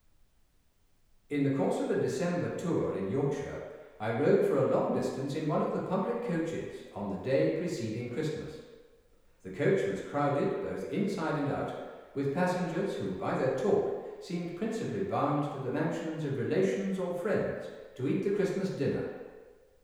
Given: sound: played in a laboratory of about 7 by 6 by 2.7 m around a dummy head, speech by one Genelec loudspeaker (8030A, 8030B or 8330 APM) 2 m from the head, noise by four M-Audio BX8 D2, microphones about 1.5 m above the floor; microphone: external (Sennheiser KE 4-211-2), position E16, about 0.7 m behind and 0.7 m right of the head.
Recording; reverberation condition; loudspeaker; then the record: male speech in English; high; 120 degrees to the left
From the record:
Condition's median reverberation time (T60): about 1300 ms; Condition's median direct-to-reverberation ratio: about -4.0 dB